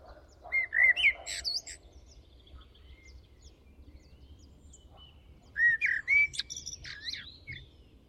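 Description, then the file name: Common blackbird, two song phrases: clear, slurred flute-like whistles, each followed by squeaky high chatter, separated by a quiet gap. "Turdus merula"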